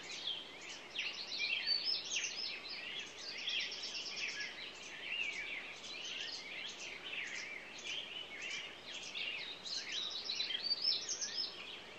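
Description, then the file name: Songbird chorus of many overlapping high, quick chirps and warbles, continuous throughout, with brief buzzy trills and a faint background hiss. Morning songbirds. "Echoes Of Nature-Morning Songbirds"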